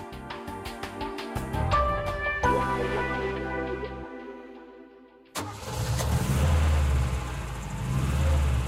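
car engine running

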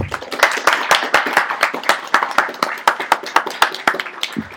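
audience applause

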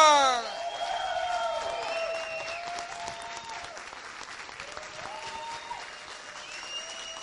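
audience applause welcoming guests

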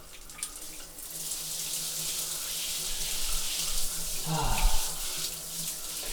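shower water running

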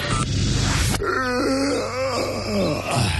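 yawning

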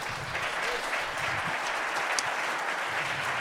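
audience applause

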